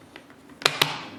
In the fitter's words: Those just snap right in.